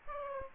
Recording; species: mosquito wingbeat signal from an infrared sensor; Aedes aegypti